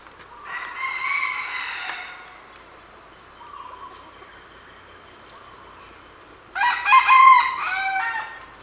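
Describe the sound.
Red junglefowl crowing twice: a long harmonic crow, a quiet pause with faint background birds, then a second, louder crow.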